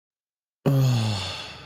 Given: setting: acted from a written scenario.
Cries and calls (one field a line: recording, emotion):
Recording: vocal sound without words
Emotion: ecstasy